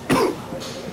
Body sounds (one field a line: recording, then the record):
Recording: coughing mixed with background sound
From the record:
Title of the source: Coughing 77